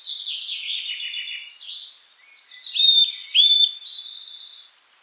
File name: Sitta europaea